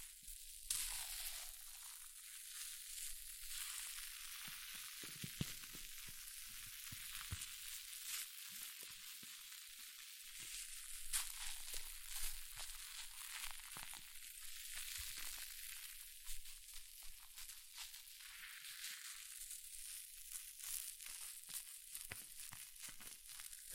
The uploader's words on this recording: ASMR Extreme Fizzing Tingles Hair Mousse Sounds(No Talking).